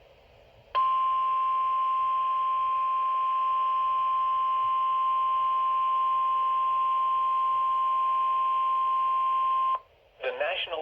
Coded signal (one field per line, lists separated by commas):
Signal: Emergency Alert System (SAME) tones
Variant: 1050 Hz attention tone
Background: speech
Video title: Severe Thunderstorm Warning (EAS #49)